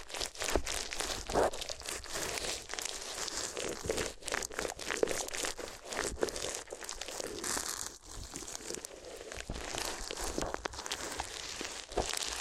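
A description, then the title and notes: Paper is crumpled and crinkled continuously for the whole stretch, a dense, bright rustling full of quick crackles and sharp crunches. The handling shifts in irregular bursts, with a brief pause near eight seconds before the crinkling picks back up. ASMR If You Had Paper Ears (No Talking).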